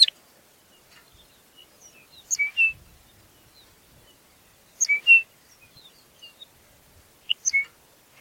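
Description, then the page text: Lapland longspur calls: short rattled ticks leading into two whistled notes, the phrase repeated about every two and a half seconds in quiet surroundings. "Ryan P. O'Donnell - Лапландский подорожник (Calcarius lapponicus)"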